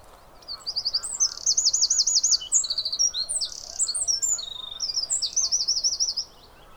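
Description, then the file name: Eurasian wren song, a sustained rush of very high, fast trills and chattering notes lasting roughly five and a half seconds. "Troglodytes troglodytes"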